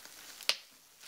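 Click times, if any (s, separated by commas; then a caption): 0.5 s. A snap closure on a leather handbag is pressed shut, giving one sharp, bright snap at 0.5 s after a faint tick just before it. The snap is pretty heavy and the closure seats firmly, leaving quiet background afterward.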